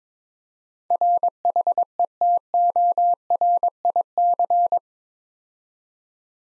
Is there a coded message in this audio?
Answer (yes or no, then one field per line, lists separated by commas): yes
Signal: Morse code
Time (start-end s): 0.9-4.8 s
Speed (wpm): 23 wpm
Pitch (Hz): 700 Hz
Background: none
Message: RHETORIC